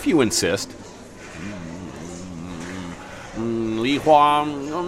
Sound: takes a bite, talks while still chewing